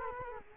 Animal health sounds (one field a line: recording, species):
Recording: mosquito wingbeat signal from an infrared sensor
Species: Culex quinquefasciatus